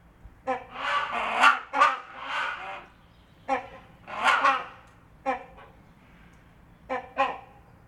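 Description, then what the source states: Hornbill giving harsh, nasal honks, some drawn out and roaring, others short and clipped, in bursts separated by brief quiet gaps. Great and rhinoceros hornbills recorded together.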